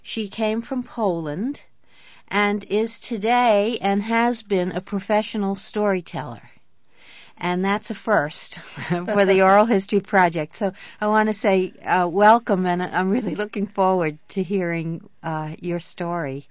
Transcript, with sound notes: She came from Poland, and is today and has been a professional storyteller. And that's a first ( she laughs ) for the Oral History Project. So I want to say welcome, and I'm really looking forward to hearing your story.